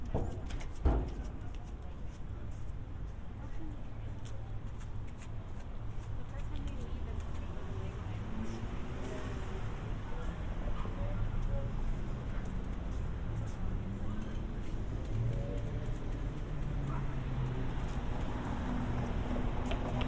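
A binaural walk through San Diego streets, with a steady low rumble of traffic and passing vehicles throughout. Voices murmur intermittently in the background, and a sharp knock sounds near the start, followed by scattered clicks and footsteps.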